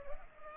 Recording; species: mosquito wingbeat signal from an infrared sensor; Culex pipiens